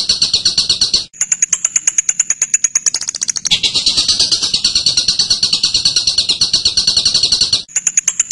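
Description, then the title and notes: Bird song: rapid high-pitched chips, switching between a fuller, lower trilled phrase and a thin upper note, with brief pauses. Masteran training material for birds to learn calls. "MASTERAN BURUNG. suarane manok"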